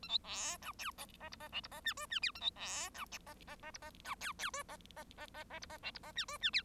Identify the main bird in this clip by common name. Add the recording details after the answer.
Bengalese Finch. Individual Bird1